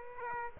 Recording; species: mosquito wingbeat signal from an infrared sensor; Aedes aegypti